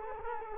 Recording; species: mosquito wingbeat signal from an infrared sensor; Culex quinquefasciatus